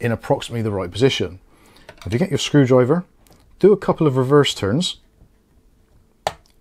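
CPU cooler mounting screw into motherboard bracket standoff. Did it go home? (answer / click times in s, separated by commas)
yes / 6.3 s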